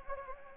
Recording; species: mosquito wingbeat signal from an infrared sensor; Anopheles gambiae